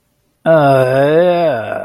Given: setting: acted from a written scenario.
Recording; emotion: vocal sound without words; disgust